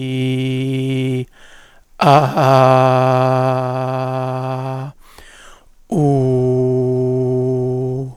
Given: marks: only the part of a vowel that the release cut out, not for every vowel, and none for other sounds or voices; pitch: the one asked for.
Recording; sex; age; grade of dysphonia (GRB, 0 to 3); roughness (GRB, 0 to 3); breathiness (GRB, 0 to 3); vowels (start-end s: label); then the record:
sustained vowels; male; 50 to 59 years; 1; 1; 0
0.00-1.10 s: vowel /i/, normal pitch
2.75-4.61 s: vowel /a/, normal pitch
6.07-7.91 s: vowel /u/, normal pitch
From the record:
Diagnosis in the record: leukoplakia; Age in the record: 56 years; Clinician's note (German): Zustand nach Leukoplakieabtragung, kleine Narbe rechts mit phonatorisch partiellem Stillstand; hyperfunktionelle Kompensation, deutliche Dysphonie